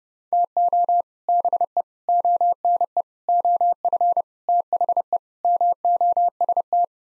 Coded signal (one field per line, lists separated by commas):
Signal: Morse code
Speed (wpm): 32 wpm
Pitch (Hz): 700 Hz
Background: none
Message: TO BE ONE OF THE MOST